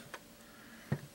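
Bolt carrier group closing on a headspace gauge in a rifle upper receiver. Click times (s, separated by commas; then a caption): 0.9 s. A bolt carrier group is pushed forward by finger pressure alone into a rifle upper receiver with a GO headspace gauge in the chamber. A light tick sounds at 0.1 s, then a sharper click at 0.9 s as the bolt locks closed on the gauge. The carrier sits flush with the back of the receiver.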